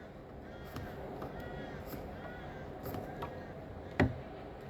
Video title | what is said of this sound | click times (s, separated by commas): 2024 Laika Ecovip 600 Instructional Video | I don't know whether your camera picked that up, but it's just clicked. | 4.0 s